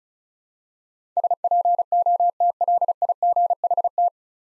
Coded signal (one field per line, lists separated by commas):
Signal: Morse code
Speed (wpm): 36 wpm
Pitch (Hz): 700 Hz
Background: none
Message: SPOTLIGHT